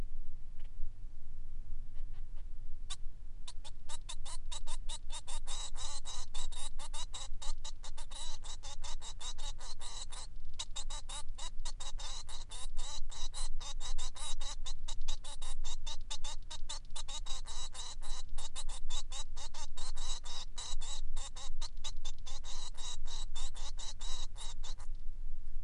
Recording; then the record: song of a male Bengalese finch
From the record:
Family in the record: son of father 3